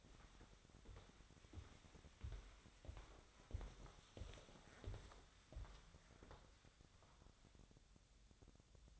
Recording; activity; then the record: daily activity, microphone in the room; walk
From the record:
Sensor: 3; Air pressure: 1015.3 hPa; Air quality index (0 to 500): 131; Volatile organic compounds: 6 ppm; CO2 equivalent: 1850 ppm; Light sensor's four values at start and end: 15/38/15/16 and 14/37/15/16